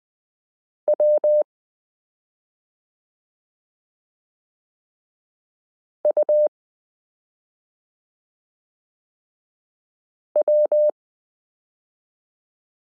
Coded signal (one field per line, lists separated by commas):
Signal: Morse code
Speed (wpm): 20 wpm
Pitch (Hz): 600 Hz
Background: none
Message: W U W